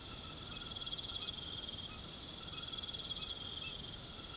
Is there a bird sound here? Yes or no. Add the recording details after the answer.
no. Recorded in pastures near Puerto Asís, Putumayo, Colombia, on 8 March 2025 at 22:00. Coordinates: 0.486, -76.323. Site G075